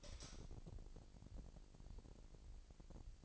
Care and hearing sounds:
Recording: daily activity, microphone in the room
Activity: light on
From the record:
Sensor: 5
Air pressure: 1002.0 hPa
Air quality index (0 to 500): 236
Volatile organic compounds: 36 ppm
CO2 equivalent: 3081 ppm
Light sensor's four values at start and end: 16/37/15/17 and 16/39/16/17

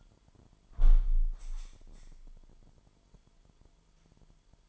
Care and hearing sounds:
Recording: daily activity, microphone in the room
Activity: close window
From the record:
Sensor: 5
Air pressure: 998.0 hPa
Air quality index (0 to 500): 98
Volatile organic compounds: 2 ppm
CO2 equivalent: 1119 ppm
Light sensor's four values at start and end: 27/65/27/29 and 27/65/27/29

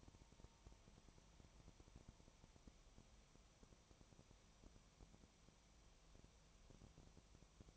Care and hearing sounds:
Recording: daily activity, microphone in the room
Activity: no activity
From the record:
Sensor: 1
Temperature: 19.4 degrees Celsius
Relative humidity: 35.7%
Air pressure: 1003.3 hPa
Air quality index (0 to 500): 113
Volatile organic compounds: 2 ppm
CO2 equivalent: 1257 ppm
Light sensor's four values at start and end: 1/2/1/1 and 1/2/1/1

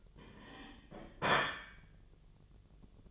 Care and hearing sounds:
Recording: daily activity, microphone in the room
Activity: place plate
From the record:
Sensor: 4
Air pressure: 1010.2 hPa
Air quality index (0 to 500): 182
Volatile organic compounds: 6 ppm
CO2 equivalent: 1839 ppm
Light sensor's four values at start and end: 31/92/36/36 and 31/92/36/36

